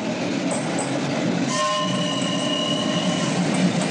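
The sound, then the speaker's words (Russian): A train pulls away from a snow-covered station platform with a steady, heavy mechanical rumble, and partway through a long horn blast rises over it and holds to the end. No one speaks. “Поезд трогается.”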